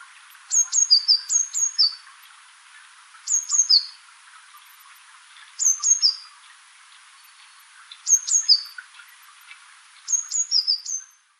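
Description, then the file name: Eurasian blue tit calls: thin, high, descending notes in quick strings of four to six, repeated about every two and a half seconds, over faint background hiss. "Cyanistes caeruleus"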